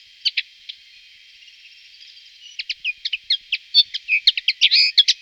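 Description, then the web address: Common linnet twitter, a few scattered chirps at first, then a burst of high chattering notes and short trills. "gesang. roche 2004 bluthaenfling"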